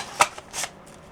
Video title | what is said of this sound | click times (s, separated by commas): Stop paying for spools and do this instead! | Until it locks in place | 0.2 s